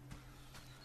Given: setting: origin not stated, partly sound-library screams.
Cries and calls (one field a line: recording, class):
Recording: one-second piece from a danger detection set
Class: normal situation